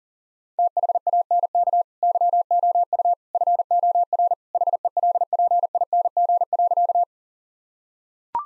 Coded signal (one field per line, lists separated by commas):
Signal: Morse code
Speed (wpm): 37 wpm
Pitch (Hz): 700 Hz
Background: none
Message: THANK YOU FOR HELPING.